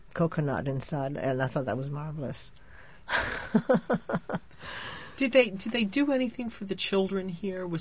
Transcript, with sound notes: coconut inside, and I thought that was marvelous. ( she laughs )
Did they do anything for the children here?